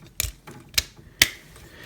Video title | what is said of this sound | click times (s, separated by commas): Transformers: Titans Return - Deluxe TRIGGERHAPPY w/ Blowpipe | snap into place to form his shoulders | 0.2 s, 1.2 s